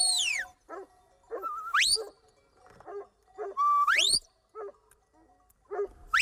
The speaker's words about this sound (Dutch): De schapen lopen door de fluitsignalen nu de goede kant op.